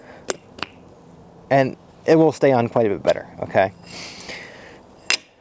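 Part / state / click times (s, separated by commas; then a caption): 3D-printed dew shield extension onto a refractor telescope's lens shade / seated / 0.3 s, 0.6 s. A 3D-printed plastic lens shade extension, a little fatter than the metal dew shield of a small refractor telescope, is pushed onto that shield. Two sharp clicks at 0.3 s and 0.63 s show it snapping into place, and someone talks about how it will stay on better. A louder sharp knock follows at 5.1 s.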